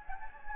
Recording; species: mosquito wingbeat signal from an infrared sensor; Anopheles gambiae